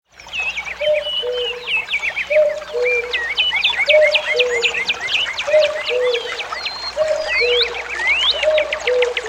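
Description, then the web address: Common cuckoo giving steady low two-note calls, the second note dropping, roughly every one and a half seconds, while other birds chirp and trill constantly above it. In a forest beside a stream. "kukuska gora potok"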